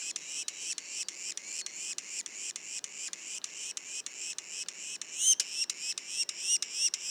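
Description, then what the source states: Yellow-bellied sapsucker calls, repeated harsh squeaky notes about three per second, with a louder slurred note partway through. Juveniles, Mont-Orford National Park, Quebec.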